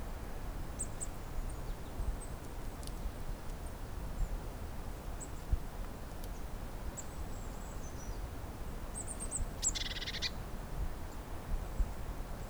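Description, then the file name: Eurasian blue tit giving thin high notes and a short descending note, then one brief buzzy churr near the end, against a steady low rumble. "Cyanistes caeruleus"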